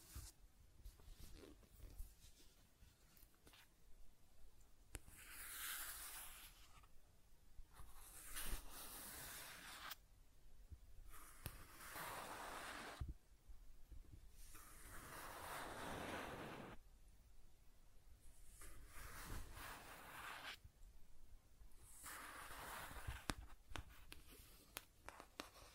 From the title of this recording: Scratching and Tracing Sounds